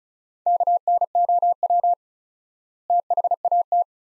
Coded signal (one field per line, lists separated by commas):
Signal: Morse code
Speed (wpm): 36 wpm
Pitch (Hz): 700 Hz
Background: none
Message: KNOW THAT